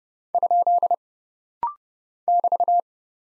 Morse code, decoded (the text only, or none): ? <BT>